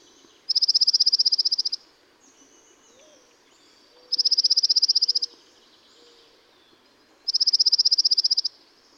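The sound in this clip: Dark-eyed junco repeating a bright, even trill of about a second three times at regular intervals over a quiet background.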